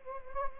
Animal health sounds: mosquito wingbeat signal from an infrared sensor; Anopheles gambiae

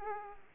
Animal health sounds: mosquito wingbeat signal from an infrared sensor; Aedes aegypti

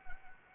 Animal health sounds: mosquito wingbeat signal from an infrared sensor; Anopheles arabiensis

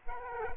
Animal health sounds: mosquito wingbeat signal from an infrared sensor; Culex quinquefasciatus

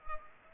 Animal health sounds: mosquito wingbeat signal from an infrared sensor; Culex pipiens

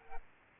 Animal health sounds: mosquito wingbeat signal from an infrared sensor; Aedes albopictus

